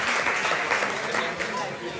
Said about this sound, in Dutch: Dus applaus voor jezelf.